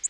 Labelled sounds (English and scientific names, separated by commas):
Orange-crowned Warbler (Leiothlypis celata) flight call